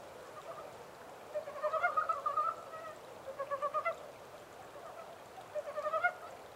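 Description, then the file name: Japanese mountain brown frog calling in short rapid pulse trains, a busy burst early on, then two separated groups, faint steady hiss behind. Recorded 14 April 2010 at 03:17. "yamaakagaeru-20100414-0317"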